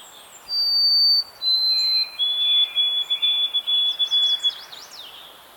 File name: Zonotrichia albicollis - White-throated Sparrow